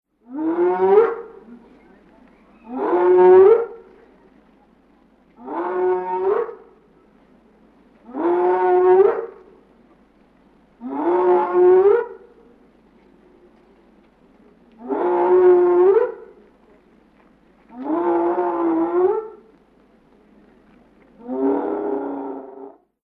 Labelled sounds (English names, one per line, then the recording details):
Spotted Hyaena
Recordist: Tembrock, Günter
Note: Rufreihe